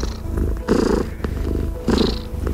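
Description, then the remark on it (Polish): A cat purrs steadily in a low, rumbling rhythm, the sound swelling and easing with each breath in and out, clearly audible with no talking. “Wszystko rozumieją te koty.”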